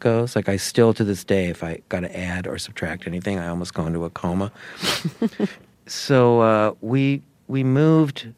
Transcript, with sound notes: Like, I still to this day, if I got to add or subtract anything, I almost go into a coma.
(Laughter).
So we moved.